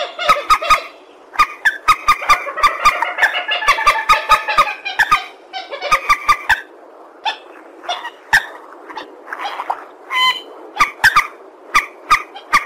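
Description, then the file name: Purple swamphen calls: bursts of harsh, nasal cackling notes in rapid sequences separated by quieter gaps, with frequent sharp clicks. "tieng trich re keu"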